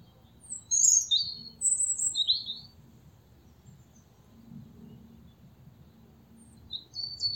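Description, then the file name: European robin song: a few high, sweet trilling phrases early, a long quiet gap, then another thin phrase near the end. "Erithacus rubecula"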